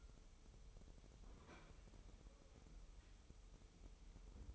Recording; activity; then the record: daily activity, microphone in the room; open fridge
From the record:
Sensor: 1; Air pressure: 988.4 hPa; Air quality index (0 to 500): 200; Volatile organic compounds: 1000 ppm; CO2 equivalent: 5334 ppm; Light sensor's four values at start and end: 27/100/38/39 and 27/100/38/39